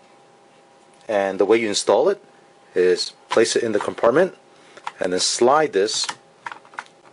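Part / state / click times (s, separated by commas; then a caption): NP-F style camcorder battery into LED light panel battery mount / seated / 6.8 s. An NP-F550 style lithium camcorder battery is placed in the rear battery compartment of an LED video light panel and slid along its rail. Someone talks for most of the clip, then a short run of small clicks near the end ends in a sharp click at 6.8 s as the battery seats.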